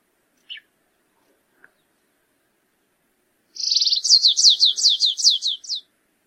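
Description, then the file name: Stripe-tailed yellow finch giving two brief, thin chips, then after a pause a full song: buzzy opening trill and a rapid string of high downward-sliding notes. "canto do canario rasteiro"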